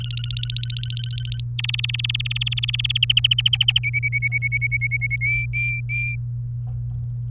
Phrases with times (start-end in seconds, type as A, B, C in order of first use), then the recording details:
0.00-1.41 A, 1.59-2.98 B, 3.02-3.79 C, 3.83-5.16 D, 5.21-6.15 E. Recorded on 27 April 2018 at 16:10. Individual llb3